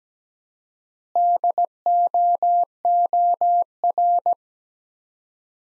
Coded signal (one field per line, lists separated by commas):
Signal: Morse code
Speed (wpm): 17 wpm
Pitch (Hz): 700 Hz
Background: none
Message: DOOR